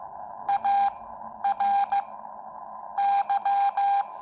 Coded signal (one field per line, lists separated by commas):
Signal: Morse code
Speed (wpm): 15 wpm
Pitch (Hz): 800 Hz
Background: none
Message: AR Y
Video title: Morse Code Practice -Xiegu X6100 - M0FXB